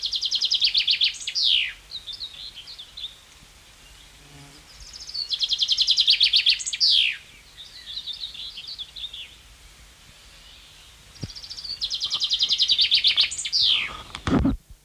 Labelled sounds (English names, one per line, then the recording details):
Common Chaffinch
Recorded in the wild
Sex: male
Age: adult
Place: Vilmnitz, Insel Rügen, Mecklenburg-Vorpommern, DE
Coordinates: 54.3411, 13.5356
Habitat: briar
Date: 1979-06-21 11:04
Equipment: ITT Schaub-Lorenz Studio Recorder 72, Verstärker, Sennheiser MD 421 HL, Kopie Uher 4200 Report
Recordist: Tembrock, Günter